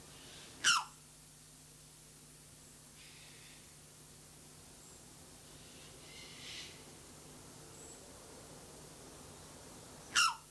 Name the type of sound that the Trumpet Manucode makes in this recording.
call